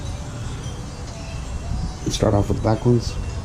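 Someone talks over a low steady background hum while handling the rear plastic wiring harness clips on a 2005 Honda Rubicon ATV, about to push them down into their mounts on the frame. Nothing has seated or clicked yet.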